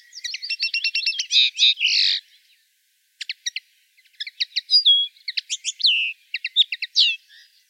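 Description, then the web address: Common linnet song: rapid twittering phrases of buzzy trills and clipped chirps, a pause near three seconds, then more varied twitters and short whistled notes. "rdewys kneu"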